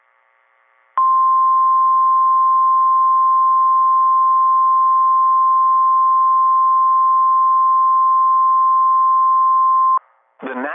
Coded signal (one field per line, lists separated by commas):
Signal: Emergency Alert System (SAME) tones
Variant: 1050 Hz attention tone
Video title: EAS Alerts From 6/29/23 (EAS #1868-1883)